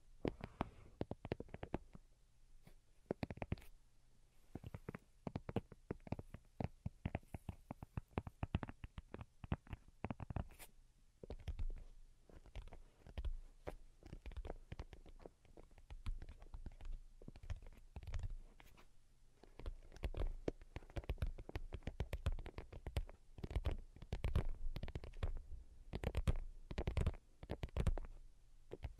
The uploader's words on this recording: Most Delicate and Calming Tapping. (No Talking).